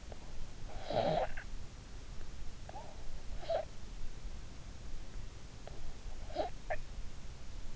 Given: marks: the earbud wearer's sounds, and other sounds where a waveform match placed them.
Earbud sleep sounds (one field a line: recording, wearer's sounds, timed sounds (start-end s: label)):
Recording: sounds in sleep by an in-ear microphone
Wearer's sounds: snoring breath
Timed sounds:
0.40-1.92 s: snoring breath
2.55-3.86 s: snoring breath
5.80-7.03 s: snoring breath